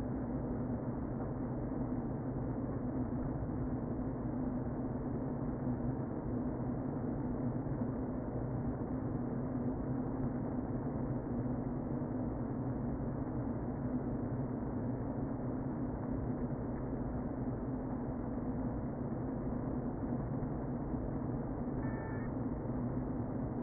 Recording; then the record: honeybee colony, microphone inside the hive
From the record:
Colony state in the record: queen present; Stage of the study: before two queens were removed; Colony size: about 60,000 bees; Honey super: yes